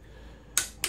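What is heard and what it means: A click-type torque wrench tightens a main cap bolt on a D16 engine block until it reaches its set torque. After a quiet lead-in, two sharp clicks ring out at 0.6 s and 0.8 s, confirming the bolt is torqued to its setting.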